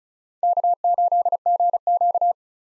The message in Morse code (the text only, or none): K8GQ